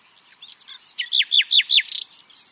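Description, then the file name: Common nightingale song: soft twitters leading into several loud, evenly spaced descending chirps, closing with a brief burst of harsh notes. "Luscinia megarhynchos"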